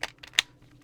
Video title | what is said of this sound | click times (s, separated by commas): Agora Models 007 Aston Martin DB5 from James Bond No Time To Die 1:8 scale diecast pack 7 build | oh locks into place okay oh okay I'm I'm impressed | 0.4 s